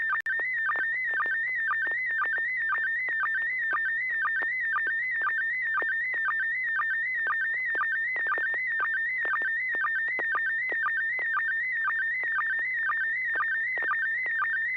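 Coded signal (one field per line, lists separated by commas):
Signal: SSTV (slow-scan television)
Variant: PD 120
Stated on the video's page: SSTV images exchanged on an amateur radio net via a 441.300 MHz FM repeater, sent with MMSSTV software.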